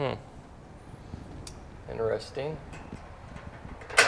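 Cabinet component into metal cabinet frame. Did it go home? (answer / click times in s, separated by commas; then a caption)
yes / 4.0 s. During assembly of a Husky metal garage cabinet from Home Depot, a cabinet part is dropped into position in the metal cabinet frame while someone talks. Faint handling sounds lead up to a single sharp pop at 4.0 s as the part seats into place.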